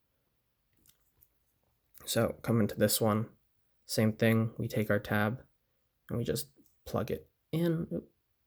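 A custom plastic claw piece's tab is being plugged into an action figure's hand while someone talks. Two faint clicks sound at about 0.9 s and 1.2 s during the handling. Nothing has seated yet.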